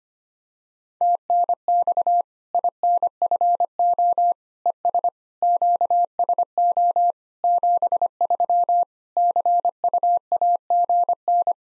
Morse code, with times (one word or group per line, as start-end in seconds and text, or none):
1.0-2.2 TNX
2.5-4.3 INFO
4.7-5.1 ES
5.4-7.1 QSO
7.4-8.8 73
9.2-11.5 CUAGN